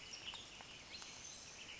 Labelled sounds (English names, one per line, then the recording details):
Western Tanager
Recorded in Sonoma County, California